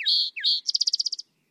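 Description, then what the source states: Spotted towhee song, two short downslurred notes each followed by a held tone, then a quick trill, then silence. From the Cornell Lab of Ornithology; one of 45 target species monitored by acoustic devices in western Washington forests.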